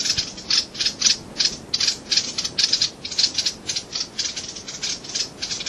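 Peruvian Wren producing a long run of scratchy, high buzzy notes repeated rapidly, with faint background noise.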